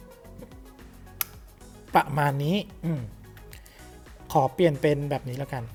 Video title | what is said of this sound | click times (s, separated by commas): [รีวิว] KERORO GUNSO & KEROROROBK Mk-II ANNIVERSARY SPECIAL Ver. | ให้มันเข้าล็อคพอดี | 1.2 s